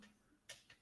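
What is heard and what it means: A click-type torque wrench tightens a stretch bolt on an engine. It gives short, sharp tick-like clicks at 0.5 s and 0.7 s, the first louder, confirming the bolt has reached its set torque spec.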